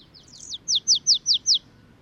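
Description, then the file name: Marsh tit delivering a quick run of five high, clipped downslurred notes, evenly spaced and bright. "Poecile palustris"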